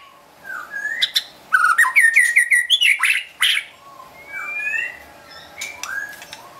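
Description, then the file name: White-rumped shama singing a quick series of repeated whistled notes and rattles, then quieter slurred whistles spaced apart. Wild bird from forest near Medan, singing actively (gacor). "suara burung murai batu hutan medan gacor"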